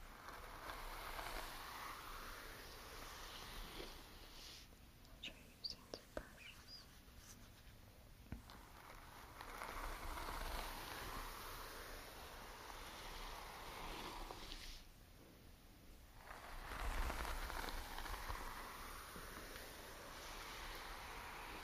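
Soft brushing strokes sweep through hair in long rustling waves, with brief quiet pauses and a few small clicks of accessories being handled.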